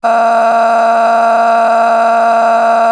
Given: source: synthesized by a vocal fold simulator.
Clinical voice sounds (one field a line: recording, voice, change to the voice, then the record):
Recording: sustained vowel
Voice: female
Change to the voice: a random mix of aspiration noise, stiffness perturbation and strain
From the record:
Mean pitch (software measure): 229 Hz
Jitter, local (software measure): 2.48%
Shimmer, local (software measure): 9.9%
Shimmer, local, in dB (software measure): 0.87 dB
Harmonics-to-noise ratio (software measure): 12.4 dB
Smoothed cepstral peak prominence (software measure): 11.1 dB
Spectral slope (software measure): -18.6 dB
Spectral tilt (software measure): -9.4 dB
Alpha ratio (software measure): -9.1 dB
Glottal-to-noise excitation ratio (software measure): 0.835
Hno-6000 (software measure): 1.9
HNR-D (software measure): 32.6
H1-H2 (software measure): -1.1 dB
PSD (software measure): 9.6e-05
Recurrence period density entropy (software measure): 0.118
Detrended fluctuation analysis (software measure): 0.0121